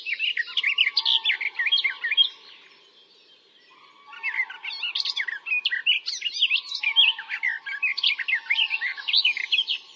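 Bird calls, dense rapid twittering and chirping notes tumbling over one another, breaking off for about a second and a half midway before resuming, with a steady low hum beneath.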